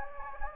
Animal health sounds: mosquito wingbeat signal from an infrared sensor; Anopheles gambiae

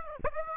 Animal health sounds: mosquito wingbeat signal from an infrared sensor; Aedes aegypti

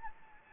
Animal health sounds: mosquito wingbeat signal from an infrared sensor; Anopheles gambiae

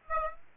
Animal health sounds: mosquito wingbeat signal from an infrared sensor; Aedes aegypti

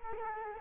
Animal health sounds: mosquito wingbeat signal from an infrared sensor; Culex quinquefasciatus

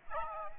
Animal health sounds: mosquito wingbeat signal from an infrared sensor; Aedes aegypti

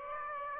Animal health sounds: mosquito wingbeat signal from an infrared sensor; Aedes aegypti

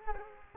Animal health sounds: mosquito wingbeat signal from an infrared sensor; Culex quinquefasciatus

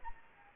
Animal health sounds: mosquito wingbeat signal from an infrared sensor; Anopheles arabiensis

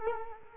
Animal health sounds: mosquito wingbeat signal from an infrared sensor; Culex quinquefasciatus

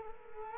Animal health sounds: mosquito wingbeat signal from an infrared sensor; Culex quinquefasciatus

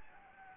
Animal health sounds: mosquito wingbeat signal from an infrared sensor; Anopheles gambiae

